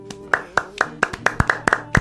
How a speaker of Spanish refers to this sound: Este aplauso es para vos, querido.